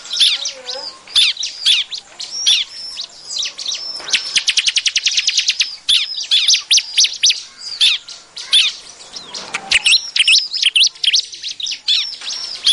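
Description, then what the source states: Bar-winged prinia song, a busy jumble of high chirps and twitters broken midway by a fast, rattling trill of sharp notes. Lure call for attracting these birds; described as noisy.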